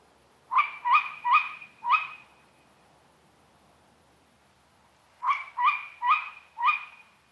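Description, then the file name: Tawny owl calls: two bursts of four sharp, harsh notes in quick succession, the bursts separated by about three seconds of quiet. A pair of owls. "chouettes hulotte couple"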